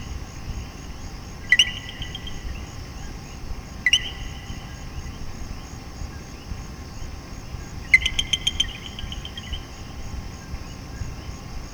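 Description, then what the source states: Common coquí's sharp two-part co-qui heard twice, then a quick rattling series of clicks, all over a continuous high-pitched chorus. Puerto Rico.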